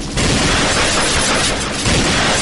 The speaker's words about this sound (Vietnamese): Bọn săn trộm phát hiện phía sau còn có xe, lập tức chia hai người nổ súng ngăn chặn.